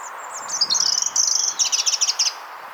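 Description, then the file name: European robin song: very high thin whistles leading into a quick, stuttering series of repeated trilled notes, with a steady hiss beneath. "Erithacus rubecula"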